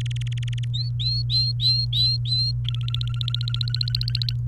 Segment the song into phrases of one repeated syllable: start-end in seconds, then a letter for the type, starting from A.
0.00-0.65 A, 0.74-2.51 B, 2.65-4.33 C